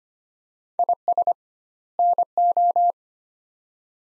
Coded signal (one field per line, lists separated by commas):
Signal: Morse code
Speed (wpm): 25 wpm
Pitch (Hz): 700 Hz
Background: none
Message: IS NO